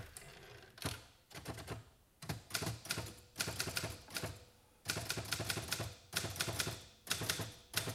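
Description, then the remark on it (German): Clattering keystrokes of a mechanical typewriter come in quick, uneven bursts, each run of sharp metallic taps separated by short pauses. There is no talking. “Ich saß an der Schreibmaschine und kam gut voran.”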